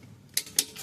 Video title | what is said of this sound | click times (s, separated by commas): How to Change Oil and Rotate Tires on a 2013 Ford Fusion Hybrid | till you hear that click | 0.4 s, 0.6 s